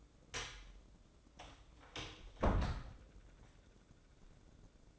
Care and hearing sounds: daily activity, microphone in the room; close door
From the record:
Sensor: 3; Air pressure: 1012.3 hPa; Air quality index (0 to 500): 183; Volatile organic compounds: 3 ppm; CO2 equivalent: 1398 ppm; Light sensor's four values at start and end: 422/1044/428/428 and 423/1045/428/428

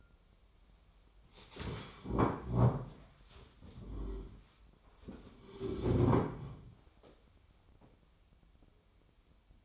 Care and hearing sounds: daily activity, microphone in the room; stand up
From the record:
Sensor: 1

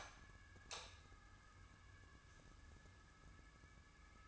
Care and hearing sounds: daily activity, microphone in the room; light on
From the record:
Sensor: 2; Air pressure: 994.3 hPa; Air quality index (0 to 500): 216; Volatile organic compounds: 1000 ppm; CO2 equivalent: 7162 ppm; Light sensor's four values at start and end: 142/339/144/150 and 147/356/150/156

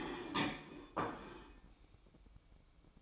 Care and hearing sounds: daily activity, microphone in the room; place plate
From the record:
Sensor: 1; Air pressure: 1007.5 hPa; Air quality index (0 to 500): 77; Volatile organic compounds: 1 ppm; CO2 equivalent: 667 ppm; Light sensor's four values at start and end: 8/18/7/8 and 8/18/7/8

